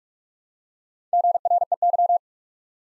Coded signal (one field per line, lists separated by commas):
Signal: Morse code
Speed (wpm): 44 wpm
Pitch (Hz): 700 Hz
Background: none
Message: GREY